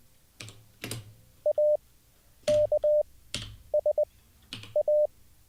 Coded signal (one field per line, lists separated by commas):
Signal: Morse code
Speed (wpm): 20 wpm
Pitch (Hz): 600 Hz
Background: none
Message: A K S A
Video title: How To Learn Morse Code LIVE with N0SSC (Day 2)